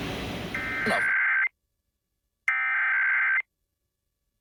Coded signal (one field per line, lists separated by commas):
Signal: Emergency Alert System (SAME) tones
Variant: header bursts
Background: speech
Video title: EAS #855-859: Florida Required Monthly Test for March 2022 || 3/28/22